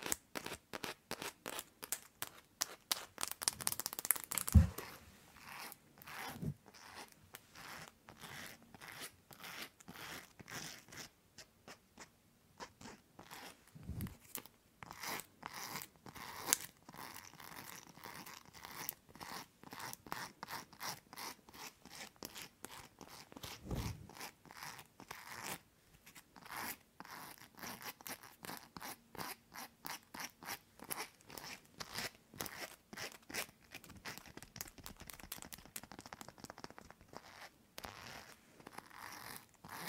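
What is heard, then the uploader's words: Long fingernails tap and scratch in a dense, uneven stream of quick clicks and crunchy scrapes that runs nearly the whole forty seconds. A louder burst of scratching comes around four seconds, with brief pauses near eleven and twenty-six seconds. Tapping and Scratching with LONG NAILS.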